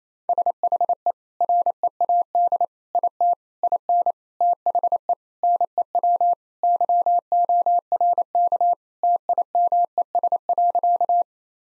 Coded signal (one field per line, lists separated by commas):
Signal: Morse code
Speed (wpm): 28 wpm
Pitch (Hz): 700 Hz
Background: none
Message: SHE READ IT IN THE NEW YORK TIMES.